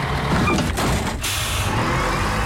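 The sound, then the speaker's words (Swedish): A heavy bus engine rumbles steadily under broad road noise, with a short burst of hissing air from the brakes about halfway through. No one speaks. “Hej du som inte springer efter bussen utan tänker, det är lugnt, det kommer en ny snart.”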